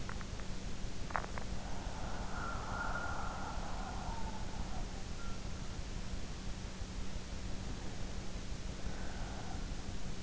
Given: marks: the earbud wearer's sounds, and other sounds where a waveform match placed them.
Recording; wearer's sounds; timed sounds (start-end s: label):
sounds in sleep by an in-ear microphone; swallowing, breath
0.00-1.58 s: swallowing
1.58-5.58 s: breath
7.56-10.22 s: breath